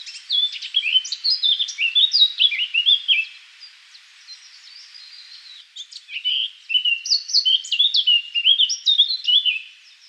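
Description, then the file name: Eurasian blackcap singing two fast warbled phrases of jumbled, bright whistles and chatter, separated by a short pause of quiet. "Sylvia atricapilla"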